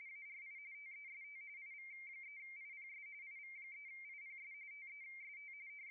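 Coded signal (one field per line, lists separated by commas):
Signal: RTTY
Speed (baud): 45.45 baud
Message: ARI TEST IV3IPS IV3IPS TEST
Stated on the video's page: RTTY in the ARI International DX Contest, single operator two VFO, low power, live stream.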